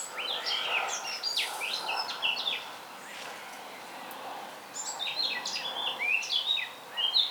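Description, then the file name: Eurasian blackcap warbling, fast scratchy and fluty phrases in two bursts, with a steady hiss throughout. "Sylvia atricapilla"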